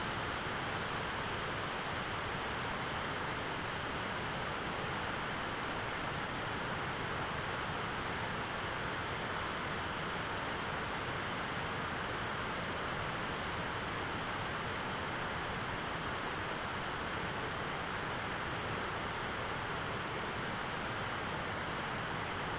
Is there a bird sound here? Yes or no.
no